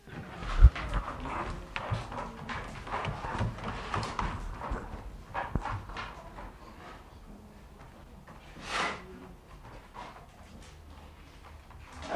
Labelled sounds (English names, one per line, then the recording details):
Leopard
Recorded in captivity
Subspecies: fusca
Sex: male
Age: adult
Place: Tierpark Berlin, Berlin, DE
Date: 1960-03-26 14:00
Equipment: Reporter (Vollspur)
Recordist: Tembrock, Günter